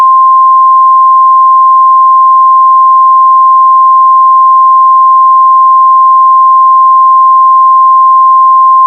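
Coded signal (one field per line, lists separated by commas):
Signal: Emergency Alert System (SAME) tones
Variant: 1050 Hz attention tone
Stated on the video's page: Recreated EAS scenario using valid SAME tones, with a Radioshack 12-996 siren involved; simulated, not aired.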